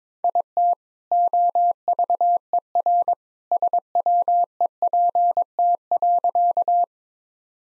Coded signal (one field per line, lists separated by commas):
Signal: Morse code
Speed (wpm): 21 wpm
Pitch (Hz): 700 Hz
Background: none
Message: IT OVERSWEPT.